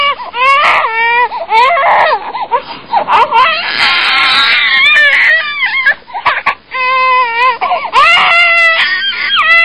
Baby Crying.